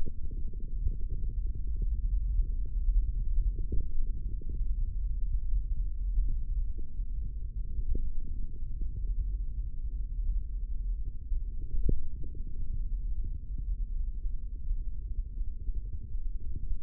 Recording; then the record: forearm muscle sounds (acoustic myography)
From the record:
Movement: hand opening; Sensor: system 3, bracelet of six PUI Audio POM-2738L microphones around the upper forearm, with dedicated amplification and filtering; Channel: 2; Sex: male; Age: 25 years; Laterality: right